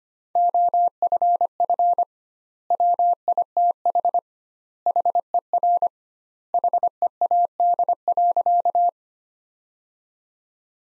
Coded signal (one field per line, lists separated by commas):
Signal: Morse code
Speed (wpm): 25 wpm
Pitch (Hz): 700 Hz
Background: none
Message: OFF WITH HER HEAD.